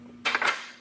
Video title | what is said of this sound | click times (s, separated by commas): Light, Mobile, and Deadly: the French Mle 1937 25mm Puteaux AT Gun | we can then drop the middle section in that locks this whole shield together | 0.3 s